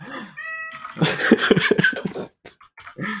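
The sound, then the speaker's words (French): A cat cries insistently because it cannot get inside: a high, drawn-out meow, then a loud run of raspy, pulsing yowls, trailing off before one more plaintive meow. No one speaks. “C'est bon, on va checker pendant que mon chat, il pleure parce qu'il peut pas rentrer.”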